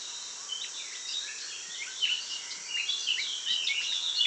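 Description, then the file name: Eurasian blackcap song, quick twittering warble of short rising and falling notes, growing a little stronger toward the end over a constant high hiss. "Sylvia atricapilla"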